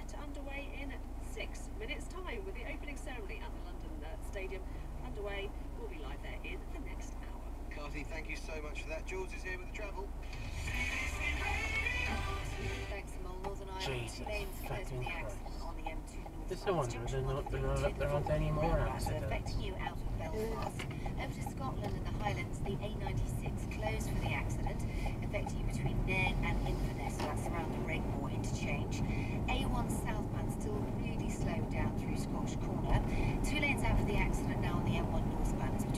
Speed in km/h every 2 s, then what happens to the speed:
0, 0, 0, 0, 0, 0, 0, 10, 21, 21, 23, 24, 32, 40, 42, 45, 44, 44.
0-12 standing. 12-26 pulls away to 40. 26-36 steady at about 44.